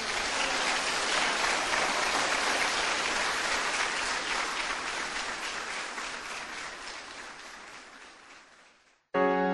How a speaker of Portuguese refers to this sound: Aplaudam o seu Deus.